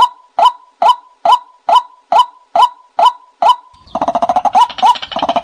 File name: tieng cuoc keu